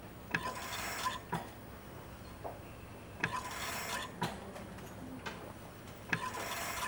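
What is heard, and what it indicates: A hospital ventilator running, with a repeating cycle of breathy hiss and mechanical clicks, about 21 per minute.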